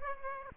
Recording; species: mosquito wingbeat signal from an infrared sensor; Aedes aegypti